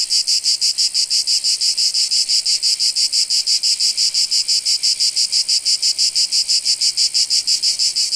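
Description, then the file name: Cicada call, a loud, shrill, high buzz throbbing in even, rapid pulses without pause. "Cicadas Euroblues"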